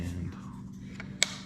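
The plastic pump head cover is pushed back onto the body of a Stenner peristaltic peroxide pump after its tube has been replaced. Over a steady low hum, a faint tick at 1.0 s comes before a sharp, bright snap at 1.2 s. The head snaps fully into place.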